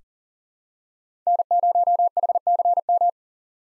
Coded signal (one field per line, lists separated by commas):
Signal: Morse code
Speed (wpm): 40 wpm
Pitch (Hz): 700 Hz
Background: none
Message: N0HCM